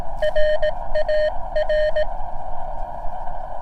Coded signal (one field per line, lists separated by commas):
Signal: Morse code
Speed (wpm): 18 wpm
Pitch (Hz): 610 Hz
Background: none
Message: RAR